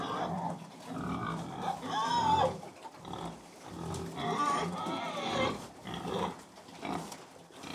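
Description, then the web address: Pig grunting and squealing over feeding noise, long wavering squeals rising and falling among low snuffling grunts. Pig feeding, close perspective; livestock. "BBC Sound Effects Library BBC Livestock Close Perspective Of Pig Feeding"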